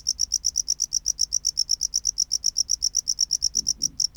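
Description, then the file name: Tropical house cricket song: rapid, evenly spaced shrill chirps throughout, with a soft low rustle near the end. "Bio Acoustica Gryllodes sigillatus"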